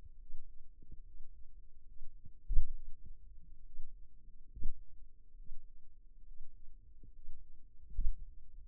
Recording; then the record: forearm muscle sounds (acoustic myography)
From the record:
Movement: finger pinch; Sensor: system 2, bracelet of six BSWA MPA416 microphones around the upper forearm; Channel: 5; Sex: male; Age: 22 years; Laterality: right